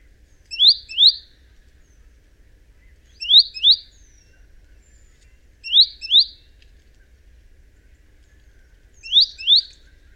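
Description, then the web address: Great tit calling with bright, rising double chirps, the pair of high notes repeated four times at intervals of a few seconds, with silence between. "SETE data Parus major"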